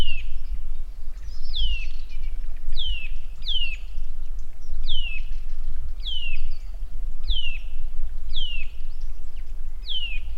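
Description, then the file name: Eurasian nuthatch calls, a series of clear descending whistled notes, each sliding down sharply, repeated roughly every second over steady low background rumble. "Sitta europaea"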